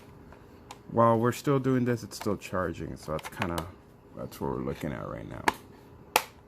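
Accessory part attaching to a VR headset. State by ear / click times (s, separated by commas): seated / 6.2 s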